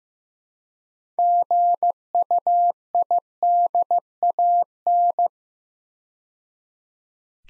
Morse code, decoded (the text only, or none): GUIDAN